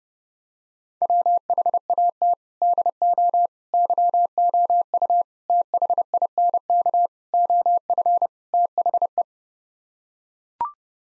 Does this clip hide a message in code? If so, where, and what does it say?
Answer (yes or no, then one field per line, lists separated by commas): yes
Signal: Morse code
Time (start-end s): 1.0-9.2 s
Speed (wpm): 30 wpm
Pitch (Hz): 700 Hz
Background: none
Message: WHAT DO YOU THINK OF THE